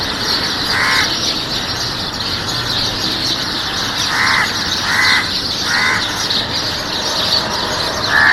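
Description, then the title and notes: Birds chirping in a dense, continuous chorus, with several harsh caws breaking through at intervals. Birds chirping on a green campus with trees in Khar, Mumbai. "Ramkrishna Math in Khar, Mumbai is a green campus with ot of birds & trees"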